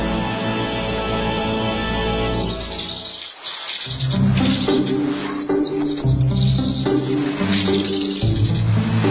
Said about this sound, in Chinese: 我的名字叫棕头鸦雀，听这名字，您是不是以为我跟乌鸦兄弟的皮毛颜色差不多呢？才不是呢！我们的头顶到上背都是棕红色的，翅膀也是红棕色的，尾部有点暗褐色，喉咙和胸部是粉红色的，下面还有一点淡黄褐色。